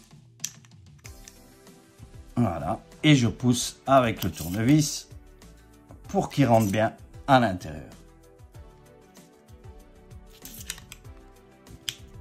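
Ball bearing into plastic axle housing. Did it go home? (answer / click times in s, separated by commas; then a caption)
yes / 11.9 s. A ball bearing on the rear axle of a Tamiya 1/14 Volvo FH16 tow truck kit is pushed into its plastic axle housing with a screwdriver. Someone talks, and there are soft taps and scrapes while the bearing is pressed. A sharp click at 11.9 s marks the bearing seating properly in the housing.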